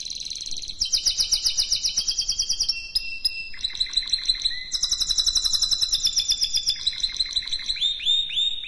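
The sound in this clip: Canary singing a continuous, rapid series of high trills, each tour of repeated notes changing pitch and speed, with pulsing rolls and sliding whistles.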